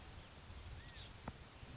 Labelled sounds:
Oak Titmouse (Baeolophus inornatus)
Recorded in Sonoma County, California

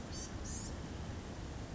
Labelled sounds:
Blue-gray Gnatcatcher (Polioptila caerulea)
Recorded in Sonoma County, California

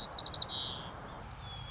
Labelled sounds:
White-crowned Sparrow (Zonotrichia leucophrys)
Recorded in Sonoma County, California

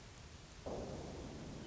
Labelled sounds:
Hermit Thrush (Catharus guttatus)
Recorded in Sonoma County, California

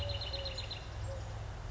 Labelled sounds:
Eurasian Collared Dove (Streptopelia decaocto)
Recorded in Sonoma County, California

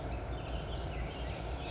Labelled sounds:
Song Sparrow (Melospiza melodia)
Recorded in Sonoma County, California

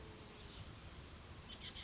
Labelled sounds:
Oak Titmouse (Baeolophus inornatus)
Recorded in Sonoma County, California

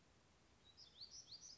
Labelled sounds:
Black-throated Gray Warbler (Setophaga nigrescens)
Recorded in Sonoma County, California

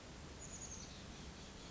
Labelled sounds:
Chestnut-backed Chickadee (Poecile rufescens)
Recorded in Sonoma County, California

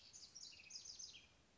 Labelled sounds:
House Wren (Troglodytes aedon)
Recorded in Sonoma County, California

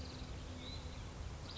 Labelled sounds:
Hutton's Vireo (Vireo huttoni)
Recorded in Sonoma County, California

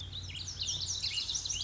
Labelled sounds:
Lazuli Bunting (Passerina amoena)
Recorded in Sonoma County, California

